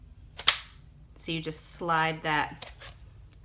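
A Stampin' Up! paper trimmer arm is slid into the little groove on the trimmer base and locks into place with a sharp click at 0.5 s, just after a softer sound at 0.4 s. Someone then talks while the arm stays seated in the groove.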